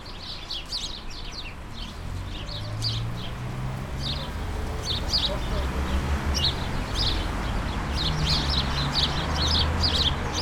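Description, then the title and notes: Sparrows giving bursts of rapid high chirps, loosely repeated, over heavy low-pitched background rumble that grows louder toward the end. Countless sparrows gathered in a hedge on Urbanstraße, attracted by birdseed balls hung there by residents; recorded January 17, 2009. "urbanstraße: spatzen in einer hecke - the city, the country & me: sparrows in a hedge. unzählige spatzen, angelockt von meisenknödeln, die von anwohnern in einer hecke angebracht wurden. january 17, 2009"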